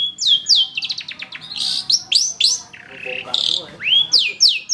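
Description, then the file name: Long-tailed shrike song of bright upward-swept whistles repeated quickly, broken by a fast stuttered series and a harsh grating burst. Training (master) recording for songbird keepers; Indonesian name cendet. "cendet-master -omkicau"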